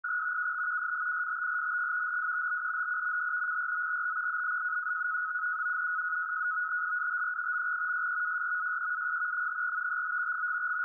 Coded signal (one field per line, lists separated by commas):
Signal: NAVTEX (SITOR-B)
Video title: 516 kHz NAVTEX